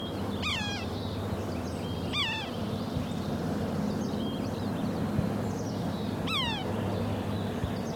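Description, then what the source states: Red-breasted sapsucker calls: three nasal, downslurred mewing notes with stacked harmonics, spaced irregularly over several seconds, above a steady low hum and faint background chirps. Bird flew into a willow while calling.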